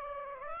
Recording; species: mosquito wingbeat signal from an infrared sensor; Aedes aegypti